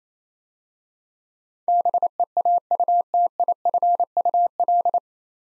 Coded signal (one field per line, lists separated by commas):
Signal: Morse code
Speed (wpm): 28 wpm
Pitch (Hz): 700 Hz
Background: none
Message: BEAUTIFUL